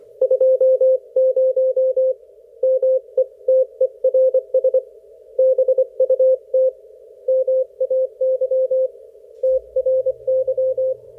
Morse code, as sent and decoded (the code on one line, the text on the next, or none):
..--- ----- / -- . - . .-. ... / -... ..- - / -- .- -.-- / - .-. -.--
20 METERS BUT MAY TRY